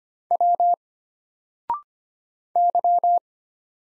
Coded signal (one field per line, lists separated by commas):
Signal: Morse code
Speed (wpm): 25 wpm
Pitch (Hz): 700 Hz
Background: none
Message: W Y